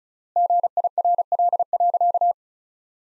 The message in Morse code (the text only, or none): GIRL.